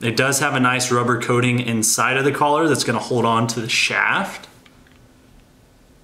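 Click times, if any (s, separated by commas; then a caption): none. Someone talks while handling a Rogue Fitness aluminum lever clamp collar with a rubber-lined inside on a barbell sleeve. After the talking stops around 4.5 seconds, a few faint taps are heard, then quiet. The collar has not clicked shut or seated yet.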